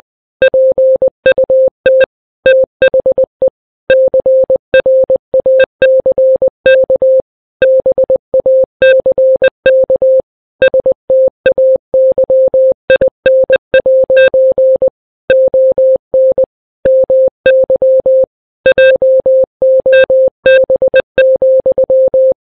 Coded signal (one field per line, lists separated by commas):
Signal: Morse code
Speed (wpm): 20 wpm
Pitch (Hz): 520 Hz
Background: none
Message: PUT THE CRACK BACK STAYIN' ON MY JOB,